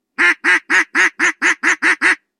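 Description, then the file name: Duck quacking: nine loud, nasal quacks in a quick, even series lasting about two seconds, with nothing else heard. "patka"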